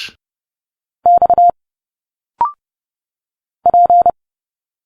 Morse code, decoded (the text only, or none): X P